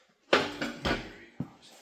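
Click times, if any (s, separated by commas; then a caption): 0.3 s. While the 455 engine is being pulled, metal parts are pushed a little further until they lock into place with one sharp metallic hit at 0.3 s. Softer knocks follow at about 0.6 s and 1.4 s, and the parts are locked into place.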